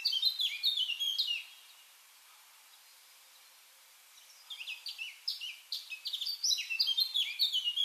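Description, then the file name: Eurasian blackcap song, a short warbled phrase, about three seconds of quiet, then a longer burst of rapid chirps and whistles. "Sylvia atricapilla"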